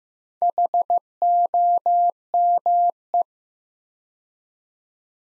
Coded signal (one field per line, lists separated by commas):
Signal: Morse code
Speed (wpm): 15 wpm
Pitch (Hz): 700 Hz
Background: none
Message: HOME